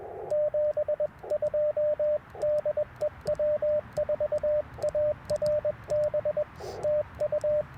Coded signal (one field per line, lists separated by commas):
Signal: Morse code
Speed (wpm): 21 wpm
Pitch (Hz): 600 Hz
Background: radio noise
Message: 72 DE W4ARB TU